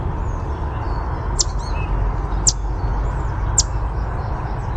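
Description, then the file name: Yellow warbler chip calls: three sharp, high, downslurred chips about one second apart over a steady low background hum. Chip and song. "YWAR chip song"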